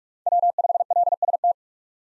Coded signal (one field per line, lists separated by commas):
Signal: Morse code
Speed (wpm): 44 wpm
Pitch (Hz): 700 Hz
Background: none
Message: W5LST